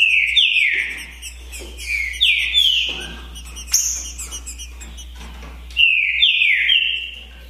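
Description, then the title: Green-winged saltator song: three loud phrases of short downslurred whistles separated by pauses, with a single high note in between. Song contest between two birds, Naval vs Demolidor, 2022 season. "É UMA DISPUTA DE TRINCA FERRO PERFEITA!! NAVAL VS DEMOLIDOR 2022!"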